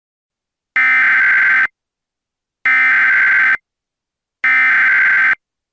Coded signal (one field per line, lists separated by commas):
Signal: Emergency Alert System (SAME) tones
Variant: header bursts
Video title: EAS Mock - COVID-19